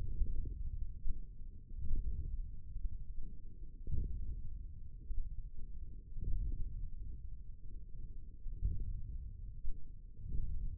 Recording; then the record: forearm muscle sounds (acoustic myography)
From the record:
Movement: radial deviation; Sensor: system 1, eight BSWA MPA416 microphones around the upper forearm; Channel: 4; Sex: male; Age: 20 years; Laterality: left